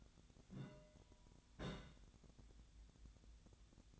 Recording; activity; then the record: daily activity, microphone in the room; place on stove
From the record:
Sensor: 3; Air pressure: 1010.0 hPa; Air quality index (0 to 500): 186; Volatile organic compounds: 13 ppm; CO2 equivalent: 2420 ppm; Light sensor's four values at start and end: 40/98/42/45 and 40/100/43/46